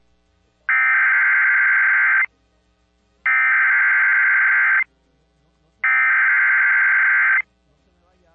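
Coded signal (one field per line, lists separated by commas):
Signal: Emergency Alert System (SAME) tones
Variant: header bursts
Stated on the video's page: Alerts captured during a hurricane affecting Puerto Rico.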